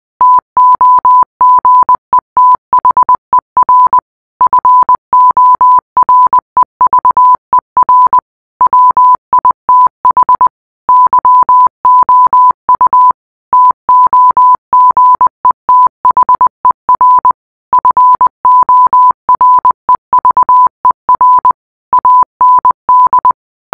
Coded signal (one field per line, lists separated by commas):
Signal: Morse code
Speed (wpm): 20 wpm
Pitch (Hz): 1000 Hz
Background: none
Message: TOGETHER FOREVER WITH YOU TOGETHER FOREVER AND